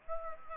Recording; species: mosquito wingbeat signal from an infrared sensor; Aedes aegypti